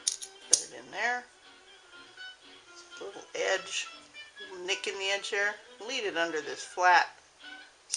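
A metal bobbin is led under the flat tension spring of the bobbin case of a vintage Morse Fotomatic MZZ sewing machine while someone talks, with brief sharp ticks near the start. A short click at 7.9 s marks the bobbin seating in its bobbin case.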